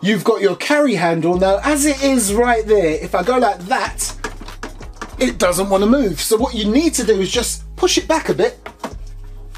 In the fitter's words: and bob's your uncle and it's uh locked into place